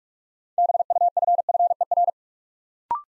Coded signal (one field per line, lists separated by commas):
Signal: Morse code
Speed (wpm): 44 wpm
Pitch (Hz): 700 Hz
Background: none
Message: BUFFER